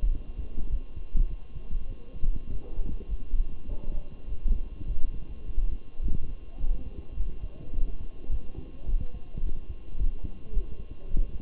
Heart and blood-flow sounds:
heart sounds by stethoscope; between the tricuspid and mitral areas; 104 bpm
0.10 s: heartbeat
0.69 s: heartbeat
1.28 s: heartbeat
1.88 s: heartbeat
2.48 s: heartbeat
3.07 s: heartbeat
3.67 s: heartbeat
4.26 s: heartbeat
4.85 s: heartbeat
5.43 s: heartbeat
6.01 s: heartbeat
6.58 s: heartbeat
7.14 s: heartbeat
7.72 s: heartbeat
8.29 s: heartbeat
8.86 s: heartbeat
9.41 s: heartbeat
9.96 s: heartbeat
10.51 s: heartbeat
11.07 s: heartbeat
From the record:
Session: walking at 3.7 km/h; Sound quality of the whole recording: good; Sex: male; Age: 23 years

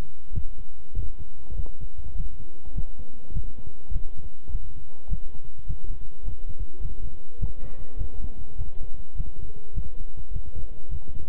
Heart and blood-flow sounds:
heart sounds by stethoscope; between the tricuspid and mitral areas; 102 bpm
0.32 s: heartbeat
0.94 s: heartbeat
1.54 s: heartbeat
2.15 s: heartbeat
2.73 s: heartbeat
3.32 s: heartbeat
3.91 s: heartbeat
4.50 s: heartbeat
5.08 s: heartbeat
5.65 s: heartbeat
6.23 s: heartbeat
6.80 s: heartbeat
7.38 s: heartbeat
7.96 s: heartbeat
8.56 s: heartbeat
9.15 s: heartbeat
9.73 s: heartbeat
10.31 s: heartbeat
10.89 s: heartbeat
From the record:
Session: walking at 3.7 km/h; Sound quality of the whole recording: good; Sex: male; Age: 26 years

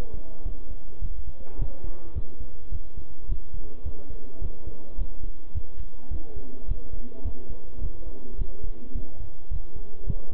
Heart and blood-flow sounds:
heart sounds by stethoscope; between the tricuspid and mitral areas; 106 bpm
0.46 s: heartbeat
1.02 s: heartbeat
1.59 s: heartbeat
2.16 s: heartbeat
2.72 s: heartbeat
3.29 s: heartbeat
3.85 s: heartbeat
4.42 s: heartbeat
4.99 s: heartbeat
5.55 s: heartbeat
6.11 s: heartbeat
6.68 s: heartbeat
7.25 s: heartbeat
7.81 s: heartbeat
8.39 s: heartbeat
8.95 s: heartbeat
9.51 s: heartbeat
10.07 s: heartbeat
From the record:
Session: bicycle stress test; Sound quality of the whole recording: good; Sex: male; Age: 23 years

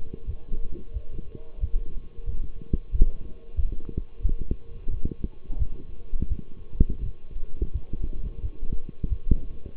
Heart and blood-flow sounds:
heart sounds by stethoscope; between the tricuspid and mitral areas; 88 bpm
0.26 s: heartbeat
0.93 s: heartbeat
1.60 s: heartbeat
2.25 s: heartbeat
2.91 s: heartbeat
3.56 s: heartbeat
4.22 s: heartbeat
4.90 s: heartbeat
5.58 s: heartbeat
6.28 s: heartbeat
7.02 s: heartbeat
7.72 s: heartbeat
8.41 s: heartbeat
9.09 s: heartbeat
9.76 s: heartbeat
From the record:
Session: walking at 3.7 km/h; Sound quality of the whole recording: partially saturated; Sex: male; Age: 24 years

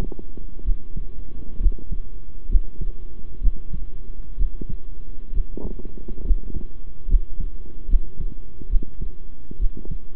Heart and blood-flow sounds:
heart sounds by stethoscope; between the tricuspid and mitral areas; 67 bpm
0.64 s: heartbeat
1.60 s: heartbeat
2.49 s: heartbeat
3.41 s: heartbeat
4.37 s: heartbeat
5.33 s: heartbeat
6.24 s: heartbeat
7.08 s: heartbeat
7.88 s: heartbeat
8.69 s: heartbeat
9.59 s: heartbeat
From the record:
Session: rest, sitting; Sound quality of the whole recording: good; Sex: male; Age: 23 years

